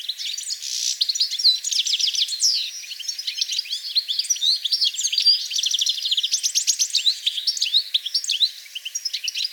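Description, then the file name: European goldfinch song: a lively, unbroken stream of bright, high chirps, fast trills and short slurred whistles lasting almost ten seconds. "Carduelis carduelis"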